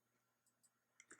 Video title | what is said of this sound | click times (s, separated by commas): Mazey Connection Tutorial Video | just simply slide it into the SD card slot and when you hear the click you know that you're correctly inserted the SD card | 1.0 s, 1.1 s